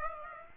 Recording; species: mosquito wingbeat signal from an infrared sensor; Aedes aegypti